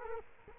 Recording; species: mosquito wingbeat signal from an infrared sensor; Culex quinquefasciatus